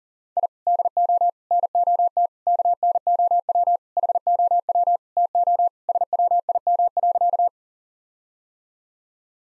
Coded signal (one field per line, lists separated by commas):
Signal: Morse code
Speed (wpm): 40 wpm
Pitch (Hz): 700 Hz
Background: none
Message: I DO NOT KNOW HOW TO SWIM.